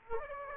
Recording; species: mosquito wingbeat signal from an infrared sensor; Aedes aegypti